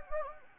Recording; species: mosquito wingbeat signal from an infrared sensor; Anopheles gambiae